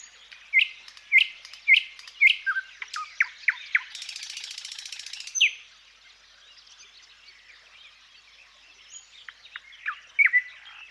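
Thrush nightingale song: four loud repeated whistled notes, then clicking notes and a buzzing rattle, a pause, and softer scattered notes building again at the end.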